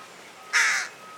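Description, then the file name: Carrion crow uttering a single hoarse, grating caw lasting about a third of a second over a faint steady hum. "Corvus corone"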